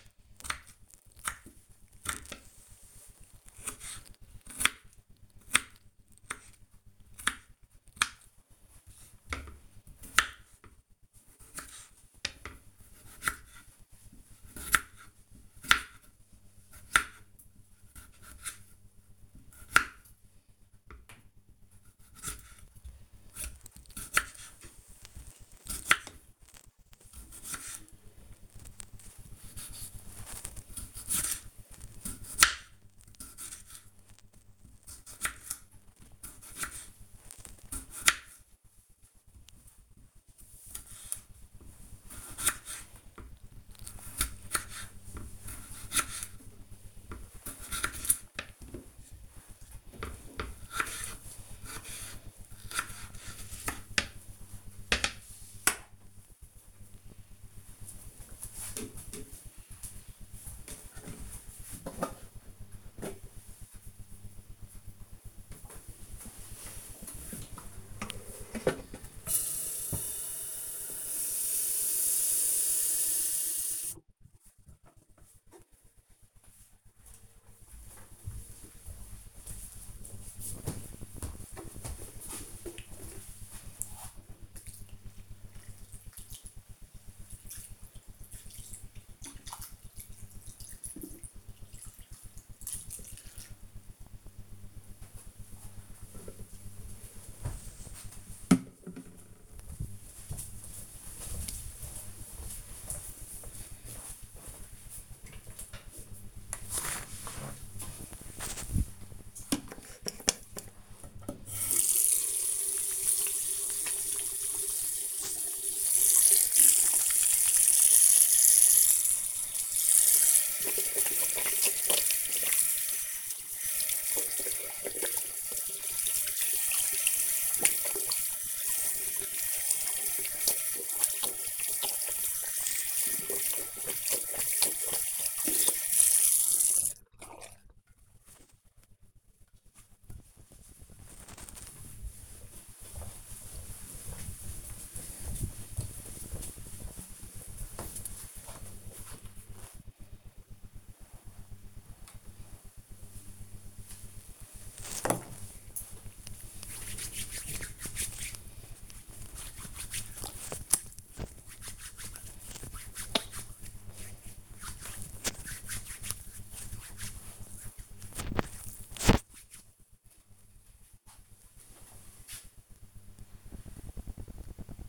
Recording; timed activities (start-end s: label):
household activities, microphone on the right wrist
0.00-55.69 s: cutting vegetables
64.74-94.83 s: watering plant
108.91-137.07 s: washing hands
151.17-169.30 s: cream hands